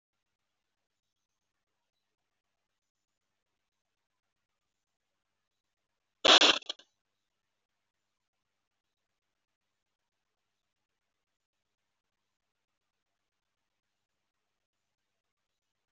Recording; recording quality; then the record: deep breathing; poor, much background noise or distortion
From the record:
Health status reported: healthy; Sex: female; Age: 24 years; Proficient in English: yes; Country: India